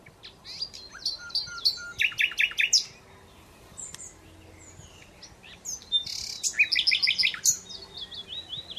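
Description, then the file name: Common Nightingale delivering fast repeated staccato notes, a pause, then a harsh buzz followed by rapid rattling trills and thin whistles. "Luscinia megarhynchos"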